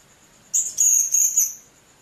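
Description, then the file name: Blue-crowned hanging parrot giving one brief flurry of high, squeaky, wavering chirps over a steady high-pitched hum. "serindit"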